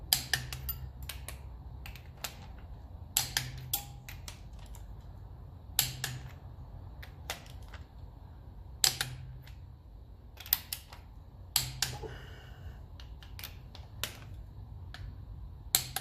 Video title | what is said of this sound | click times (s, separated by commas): 1954 Ferguson 20 TEF Diesel Part 6 - Cooling and Fuel System | so as when I hear a click | 0.1 s, 3.2 s, 5.8 s, 8.8 s, 10.5 s, 15.8 s